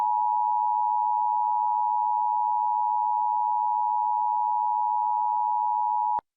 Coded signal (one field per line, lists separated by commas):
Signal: Emergency Alert System (SAME) tones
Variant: 853 and 960 Hz attention tone